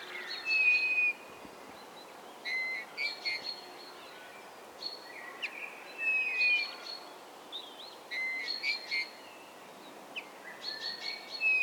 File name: Pyrrhula pyrrhula